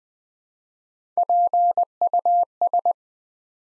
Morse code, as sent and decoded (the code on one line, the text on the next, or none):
.--. ..- ...
PUS